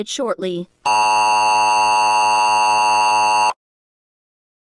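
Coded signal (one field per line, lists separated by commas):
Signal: Emergency Alert System (SAME) tones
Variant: 853 and 960 Hz attention tone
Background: speech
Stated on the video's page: Fictional EAS scenario, not real, using valid SAME tones.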